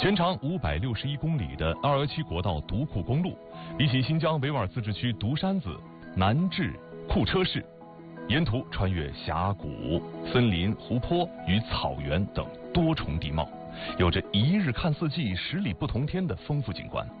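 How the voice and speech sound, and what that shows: A man reads a Mandarin news report in a clear, fluent, steady voice. The item covers the reopening to traffic of the Duku Highway, the 561-kilometre National Highway 217 in Xinjiang, praised as the most beautiful Tianshan road.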